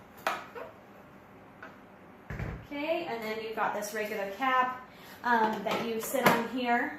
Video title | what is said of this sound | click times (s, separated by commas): CHEFTRONIC Stand Mixers 3 in 1 Kitchen Appliance | locked into place, and you slide to the right, it unlocks, and then you can just simply lift off. | 0.3 s